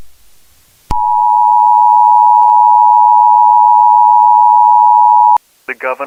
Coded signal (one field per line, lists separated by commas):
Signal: Emergency Alert System (SAME) tones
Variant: 853 and 960 Hz attention tone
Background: speech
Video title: Infected: A Zombie EAS Scenario